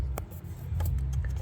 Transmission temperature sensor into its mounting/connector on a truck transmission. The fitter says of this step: and you'll hear it when you push it in it kind of clicks